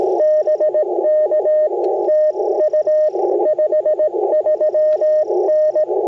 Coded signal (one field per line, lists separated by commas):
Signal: Morse code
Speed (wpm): 20 wpm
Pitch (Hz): 590 Hz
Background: radio noise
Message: BK TU 53N